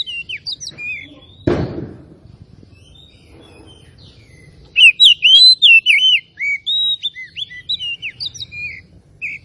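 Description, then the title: Oriental magpie-robin singing varied whistled and slurred notes, a sharp knock or thud early on, then a dense run of looping whistles. Tretes; described as gacor, in full, persistent song. "Kacer Tretes"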